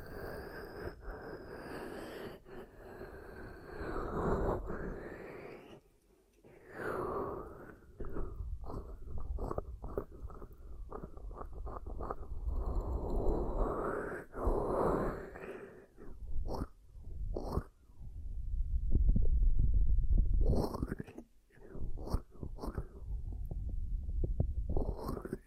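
Ear cupping triggers: muffled, hollow rubbing and pressing sounds with a deep, booming low end. Stretches of dense, rushing friction alternate with bursts of quick, rhythmic cupping taps, especially in the middle, and there are brief silent pauses near 6 and 21 seconds.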